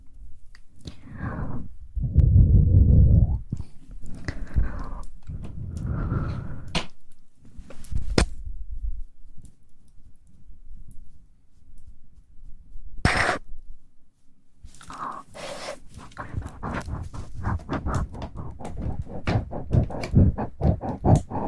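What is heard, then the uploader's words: Mouth sounds: deep breathy huffs and pants in the first seven seconds, then a quieter stretch with small clicks and a sharp burst near thirteen seconds. From fifteen seconds on, a rapid run of wet clicks and smacks repeats fast and evenly to the end. Mouth sounds.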